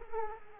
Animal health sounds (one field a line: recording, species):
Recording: mosquito wingbeat signal from an infrared sensor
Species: Culex quinquefasciatus